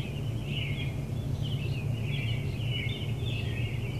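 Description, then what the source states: Birds chirping in a lively run of high warbling notes throughout, accompanied by a continuous low rumbling hum. Birds chirping in an urban area.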